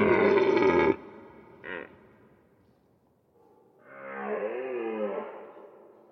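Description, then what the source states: Deer making a loud, harsh harmonic bellow that stops abruptly, a brief grunt, then a quieter, undulating moaning call after a pause. Deer calling at night in a forest.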